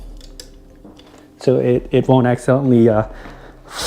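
The locking lever on the folding joint of a Synergy Aviator 2.0 dual-motor electric scooter is moved down to secure the stem so it won't fold accidentally, and it snaps into place with a sharp click at 0.4 s. Fainter ticks come just before and after, and then someone talks.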